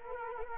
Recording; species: mosquito wingbeat signal from an infrared sensor; Culex quinquefasciatus